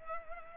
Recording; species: mosquito wingbeat signal from an infrared sensor; Culex pipiens